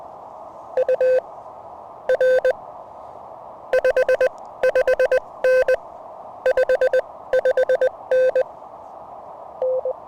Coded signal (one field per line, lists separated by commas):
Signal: Morse code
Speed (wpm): 20 wpm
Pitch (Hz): 510 Hz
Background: none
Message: UR 55N 55N N